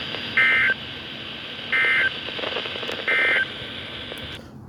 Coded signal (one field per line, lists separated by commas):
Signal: Emergency Alert System (SAME) tones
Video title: KIH41 & KZZ48 Tests! (EAS#50-51)